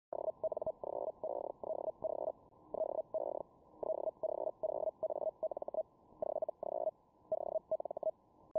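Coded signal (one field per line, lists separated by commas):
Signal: Hellschreiber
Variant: Feld Hell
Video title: feldhell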